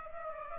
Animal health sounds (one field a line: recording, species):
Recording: mosquito wingbeat signal from an infrared sensor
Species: Aedes aegypti